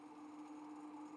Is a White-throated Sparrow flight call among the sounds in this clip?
no